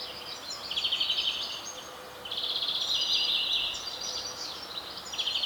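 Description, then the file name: European greenfinch uttering rapid, high-pitched trills in three runs, with a constant hiss underneath. "Chloris chloris"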